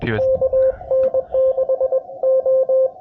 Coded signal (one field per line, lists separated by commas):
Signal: Morse code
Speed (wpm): 23 wpm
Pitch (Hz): 530 Hz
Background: speech, radio noise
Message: KN6O